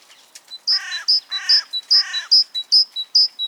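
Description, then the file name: Great tit repeating its high two-note song while another bird gives three harsh, rasping calls underneath. "Parus major"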